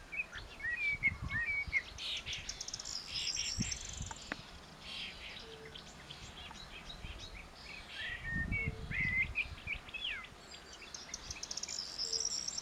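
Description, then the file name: Common blackbird delivering a few mellow warbled phrases among a busy chorus of high chirping birds, with occasional low rumbling. "Turdus merula"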